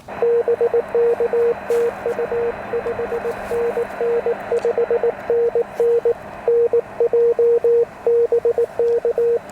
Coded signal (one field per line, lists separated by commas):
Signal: Morse code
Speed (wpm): 18 wpm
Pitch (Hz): 470 Hz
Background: radio noise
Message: BK TU 5NN 5NN NJ BK